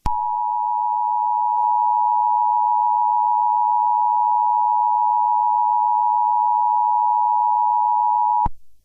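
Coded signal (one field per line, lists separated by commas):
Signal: Emergency Alert System (SAME) tones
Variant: 853 and 960 Hz attention tone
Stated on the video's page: Fictional EAS scenario.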